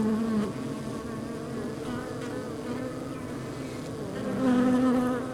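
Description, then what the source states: Honey bee buzzing, a constant low hum of many bees with one bee passing close near the start and another louder near the end. Outside a beehive.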